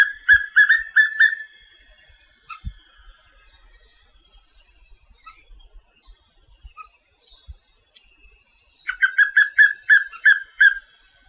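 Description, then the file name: Papinho-amarelo giving two bursts of fast, evenly pitched whistled notes, one at the start and one near the end, with a quiet gap and a few faint knocks between. "Canto do papinho amarelo"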